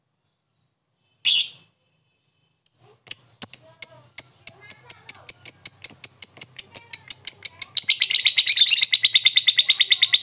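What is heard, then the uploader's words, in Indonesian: A lovebird gives one sharp squawk, then rapid clicking chirps that speed up and turn into a dense, bright chatter near the end. Love bird ngetik ngekek.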